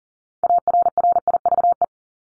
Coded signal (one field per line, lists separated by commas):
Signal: Morse code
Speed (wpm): 40 wpm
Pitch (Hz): 700 Hz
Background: none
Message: ARRIVE